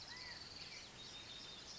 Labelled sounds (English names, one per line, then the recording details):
California Quail
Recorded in Sonoma County, California